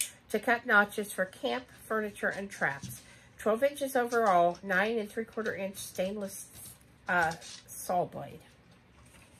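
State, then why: Not seated. A stainless folding saw blade, 9¾ inches in a 12-inch overall saw, is handled while someone talks throughout. The blade has not yet locked open into its handle and nothing has clicked yet.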